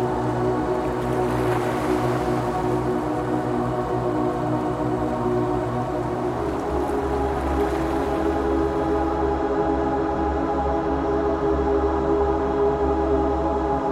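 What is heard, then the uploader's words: Gentle, spiritual music plays at an even level, built on sustained low drones and held ringing tones that shift slightly around the six-second mark. Soft washes of hiss swell and fade near two and eight seconds, like ocean waves rolling beneath the music. Gentle and spiritual music track, set against the sound of gentle ocean waves.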